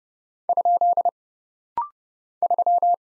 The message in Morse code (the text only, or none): ? 3